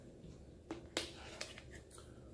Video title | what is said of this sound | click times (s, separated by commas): Business in the Front, Efficiency in the Back! The Poetic Nubuck Case for iPhone XR | the phone pops right in it's got a nice snug fit on there not too tight not too loose | 1.0 s